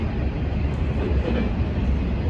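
A plastic roof panel for a Rubbermaid Big Max storage shed is tucked under the metal lip at the top of the roof frame and lowered into position. Only a steady, low rumbling noise is heard, with no sharp sounds. Nothing has snapped into place yet.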